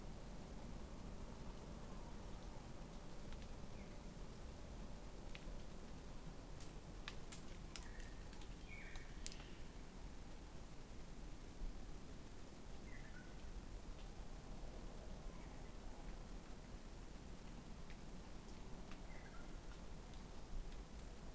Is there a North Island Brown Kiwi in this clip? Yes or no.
no